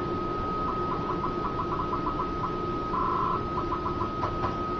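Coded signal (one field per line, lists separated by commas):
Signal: 300-baud modem data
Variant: 300 baud acoustic coupler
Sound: steady whistle tone with repeated brief warbling blips and one longer chirping burst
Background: room hiss, key clicks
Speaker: I will let you hear this and I will hit some keys on the keyboard you'll hear it modulate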